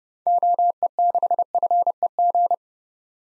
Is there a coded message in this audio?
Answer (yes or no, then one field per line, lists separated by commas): yes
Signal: Morse code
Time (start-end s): 0.3-2.5 s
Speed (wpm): 30 wpm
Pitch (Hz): 700 Hz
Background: none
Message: OE6FEG